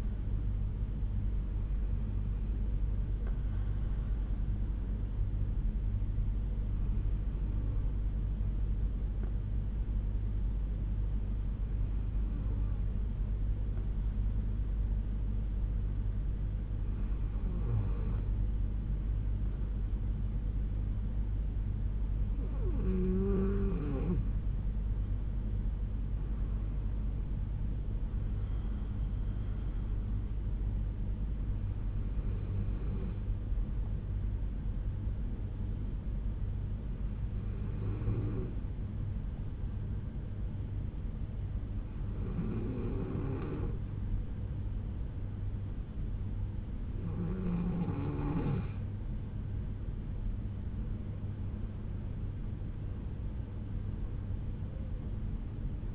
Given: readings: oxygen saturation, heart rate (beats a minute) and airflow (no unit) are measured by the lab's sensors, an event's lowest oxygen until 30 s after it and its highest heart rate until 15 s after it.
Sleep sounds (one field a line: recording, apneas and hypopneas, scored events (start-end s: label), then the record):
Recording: breathing in sleep by a smartphone at the bedside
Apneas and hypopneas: 2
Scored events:
4.00-24.50 s: hypopnea (N1, oxygen 96% highest, then 93% lowest, heart rate 62 at the start, 70 highest)
21.00-55.95 s: new sleep stage, N2 (light sleep)
37.00-51.80 s: hypopnea (N2, oxygen 94% highest, then 93% lowest, heart rate 60 at the start, 69 highest)
From the record:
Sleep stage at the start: N1 (lightest sleep)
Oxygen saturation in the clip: 93 to 96%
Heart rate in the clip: 59 to 70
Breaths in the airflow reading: 11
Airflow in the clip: -5.2 to 5.8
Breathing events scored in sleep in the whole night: 368 in 8.0 hours asleep